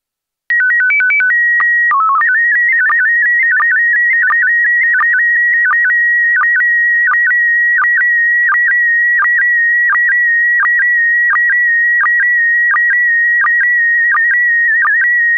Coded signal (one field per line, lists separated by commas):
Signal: SSTV (slow-scan television)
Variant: PD 90